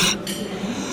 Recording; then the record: coughing mixed with background sound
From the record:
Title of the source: 64 coughing, allergies, singing lungs